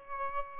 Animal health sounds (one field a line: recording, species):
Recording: mosquito wingbeat signal from an infrared sensor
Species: Aedes albopictus